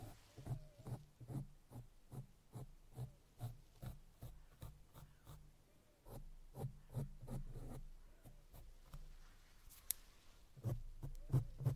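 Brushing across a face and microphone in quick, even strokes, roughly two per second, each a short scratchy swish. A low steady hum sits underneath. Midway the strokes blur into denser rubbing before the regular rhythm returns near the end.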